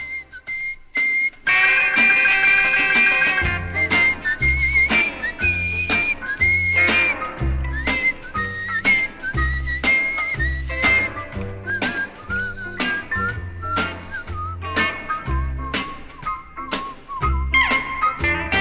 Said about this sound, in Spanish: En Música Sin Final, nos encanta silbar melodías.